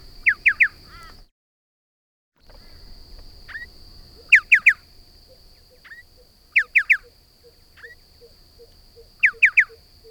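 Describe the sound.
Striated pardalote calling, a sharp triple note repeated in bursts every two to four seconds, with softer single upslurred notes between; a brief silent gap early on.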